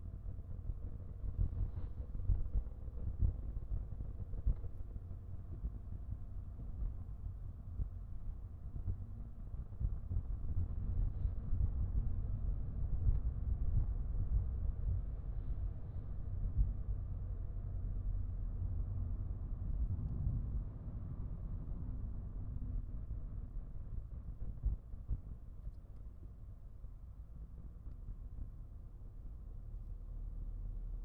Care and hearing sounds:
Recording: everyday scene through a hearing-aid microphone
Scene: in a vehicle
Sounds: engine, highway driving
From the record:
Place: Skoda Fabia, gasoline engine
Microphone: behind the ear, right, front

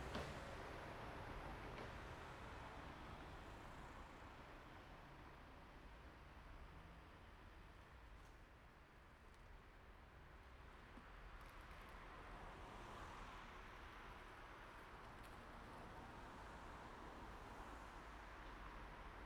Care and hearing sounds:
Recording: everyday scene through a hearing-aid microphone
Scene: in traffic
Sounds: traffic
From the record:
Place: main road on the outskirts, rush hour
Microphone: behind the ear, right, rear

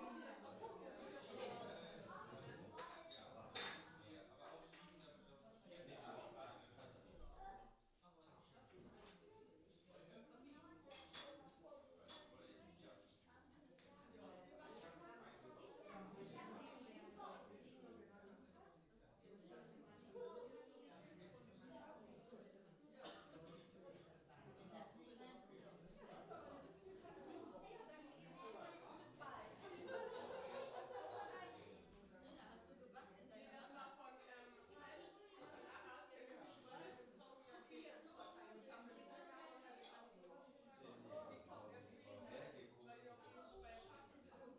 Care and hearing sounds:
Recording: everyday scene through a hearing-aid microphone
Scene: many people talking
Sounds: many voices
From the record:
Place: parish hall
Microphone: in the ear canal, left

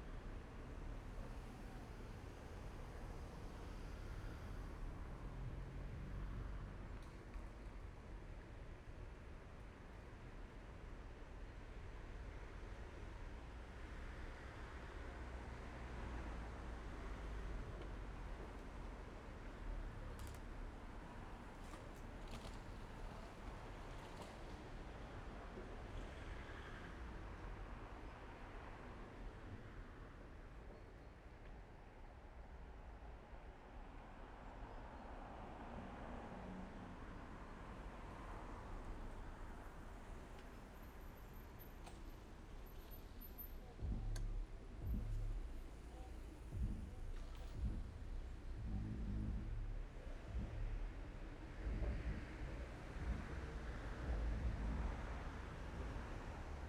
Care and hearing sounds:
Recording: everyday scene through a hearing-aid microphone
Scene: in traffic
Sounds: traffic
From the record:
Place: main road on the outskirts, rush hour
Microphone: behind the ear, left, rear

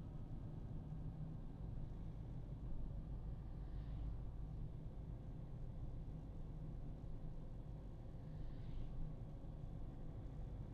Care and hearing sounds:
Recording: everyday scene through a hearing-aid microphone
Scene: in a vehicle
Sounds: engine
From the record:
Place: Berlingo II, diesel engine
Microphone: in the ear canal, right

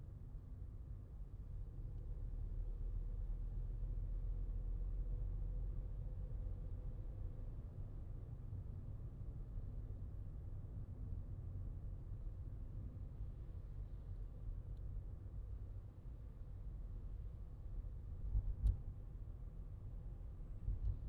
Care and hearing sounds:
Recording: everyday scene through a hearing-aid microphone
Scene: in a vehicle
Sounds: engine, traffic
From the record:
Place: Skoda Fabia, gasoline engine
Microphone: in the ear canal, left

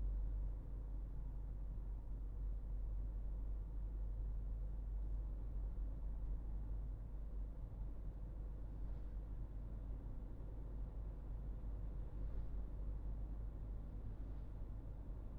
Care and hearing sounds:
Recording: everyday scene through a hearing-aid microphone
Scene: in a vehicle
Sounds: engine, highway driving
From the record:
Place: Berlingo II, diesel engine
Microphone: behind the ear, right, front

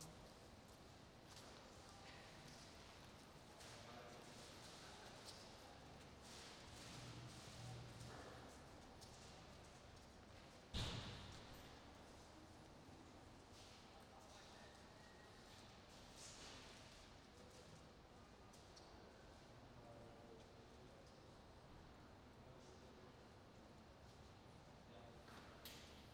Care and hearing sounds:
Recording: everyday scene through a hearing-aid microphone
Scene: reverberant space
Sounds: background noise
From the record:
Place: railway station hall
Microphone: in the ear canal, right

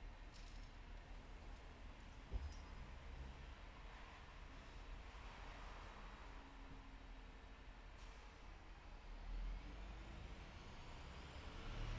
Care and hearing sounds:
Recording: everyday scene through a hearing-aid microphone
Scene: in traffic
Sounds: traffic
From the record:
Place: bus stop on a city main road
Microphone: behind the ear, left, rear

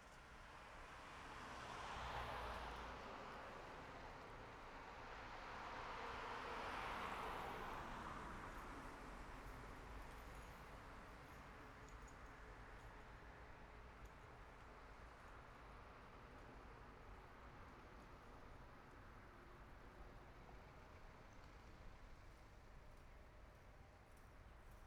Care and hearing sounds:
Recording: everyday scene through a hearing-aid microphone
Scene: in traffic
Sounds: traffic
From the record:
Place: city secondary road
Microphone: behind the ear, right, front

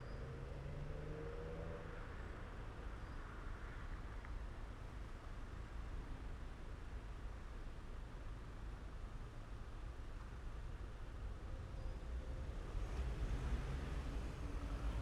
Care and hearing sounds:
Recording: everyday scene through a hearing-aid microphone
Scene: in traffic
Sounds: traffic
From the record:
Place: main city hub, rush hour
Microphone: behind the ear, left, rear

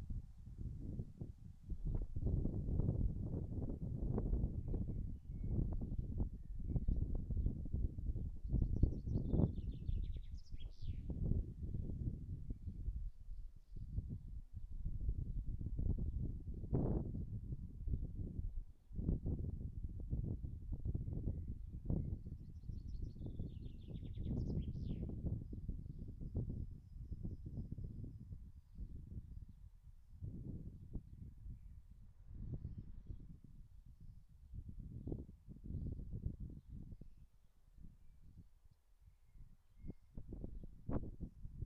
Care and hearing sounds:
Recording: everyday scene through a hearing-aid microphone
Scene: wind on the microphone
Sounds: wind, birds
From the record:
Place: in front of a rural house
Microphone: behind the ear, right, front

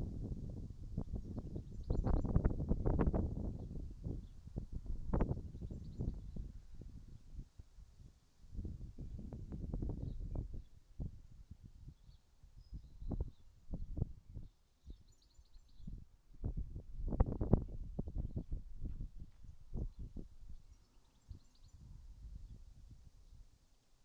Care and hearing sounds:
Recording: everyday scene through a hearing-aid microphone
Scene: wind on the microphone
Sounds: wind, birds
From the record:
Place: in front of a rural house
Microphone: in the ear canal, right

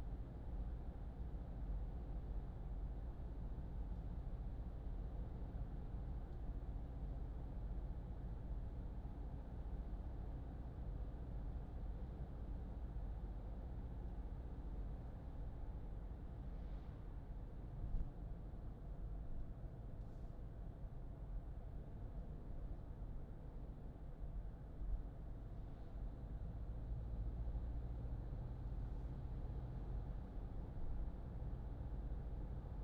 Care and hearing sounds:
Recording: everyday scene through a hearing-aid microphone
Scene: in a vehicle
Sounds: engine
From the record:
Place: Berlingo II, diesel engine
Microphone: in the ear canal, left

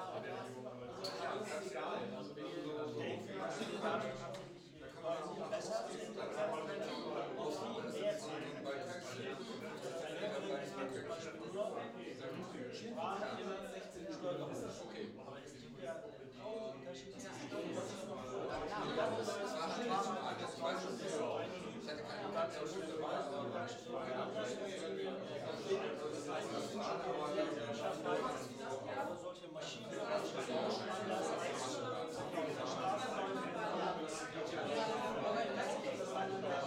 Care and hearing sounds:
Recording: everyday scene through a hearing-aid microphone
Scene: many people talking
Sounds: many voices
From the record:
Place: bistro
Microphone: in the ear canal, left

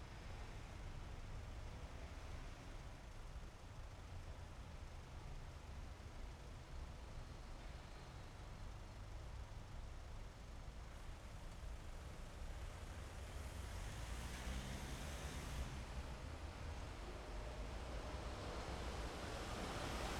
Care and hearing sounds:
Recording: everyday scene through a hearing-aid microphone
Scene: in traffic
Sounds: traffic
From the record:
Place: main city hub, rush hour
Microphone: behind the ear, left, front

